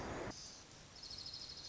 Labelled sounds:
Pacific Wren (Troglodytes pacificus)

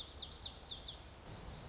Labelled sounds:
Lazuli Bunting (Passerina amoena)

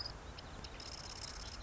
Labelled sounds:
Marsh Wren (Cistothorus palustris)

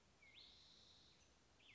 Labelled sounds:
Spotted Towhee (Pipilo maculatus)

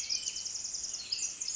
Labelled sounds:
Pacific Wren (Troglodytes pacificus)

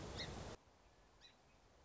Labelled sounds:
Song Sparrow (Melospiza melodia)

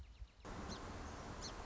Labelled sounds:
Song Sparrow (Melospiza melodia)

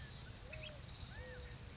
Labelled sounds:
California Quail (Callipepla californica)

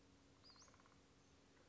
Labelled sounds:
Western Flycatcher (Empidonax difficilis)

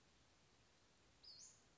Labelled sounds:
Western Flycatcher (Empidonax difficilis)

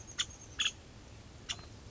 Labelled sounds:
Nuttall's Woodpecker (Dryobates nuttallii)

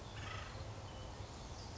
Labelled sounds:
Acorn Woodpecker (Melanerpes formicivorus)

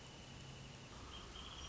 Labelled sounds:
Wrentit (Chamaea fasciata)

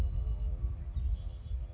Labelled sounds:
Red-winged Blackbird (Agelaius phoeniceus)

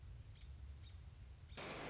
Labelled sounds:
American Robin (Turdus migratorius)

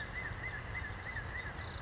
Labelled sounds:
California Quail (Callipepla californica)

